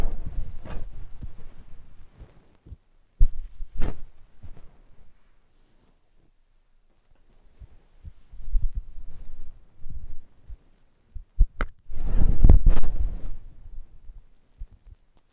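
Slime and sand triggers give soft squishing and crunching bursts with sharp clicks, pausing near six seconds and swelling to a dense patch around twelve.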